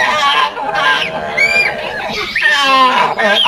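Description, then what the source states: Proboscis monkeys giving nasal honks and wavering squeals. Proboscis monkeys feasting on fruit; played back as an example sound.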